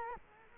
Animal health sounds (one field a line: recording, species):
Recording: mosquito wingbeat signal from an infrared sensor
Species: Culex quinquefasciatus